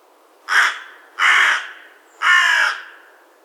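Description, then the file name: Carrion crow calling three rasping caws, each about half a second long, spaced roughly a second apart, with nothing else audible. "Corvus corone"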